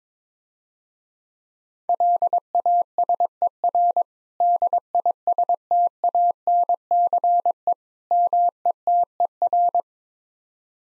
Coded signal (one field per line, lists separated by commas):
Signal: Morse code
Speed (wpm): 22 wpm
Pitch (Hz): 700 Hz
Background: none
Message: LASER DISTANCE METER